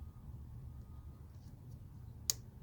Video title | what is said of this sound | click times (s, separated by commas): 2012 Volkswagen Passat, 3.6L V6, Intake gaskets/valve cover gasket change. Works on the CC and Atlas | that click that's tight clip disengaging | 2.3 s